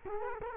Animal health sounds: mosquito wingbeat signal from an infrared sensor; Culex quinquefasciatus

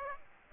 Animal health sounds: mosquito wingbeat signal from an infrared sensor; Aedes aegypti

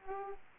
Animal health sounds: mosquito wingbeat signal from an infrared sensor; Aedes aegypti

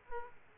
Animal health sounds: mosquito wingbeat signal from an infrared sensor; Aedes aegypti

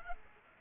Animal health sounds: mosquito wingbeat signal from an infrared sensor; Culex pipiens

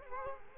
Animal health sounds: mosquito wingbeat signal from an infrared sensor; Culex quinquefasciatus

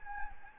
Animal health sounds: mosquito wingbeat signal from an infrared sensor; Anopheles gambiae

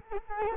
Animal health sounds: mosquito wingbeat signal from an infrared sensor; Culex quinquefasciatus

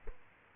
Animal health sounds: mosquito wingbeat signal from an infrared sensor; Culex quinquefasciatus

